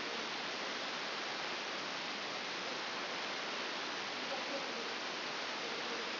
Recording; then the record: brain microelectrode recording played as sound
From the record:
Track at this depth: outside the subthalamic nucleus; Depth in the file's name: 9.104 mm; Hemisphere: left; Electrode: 2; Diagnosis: Parkinson's disease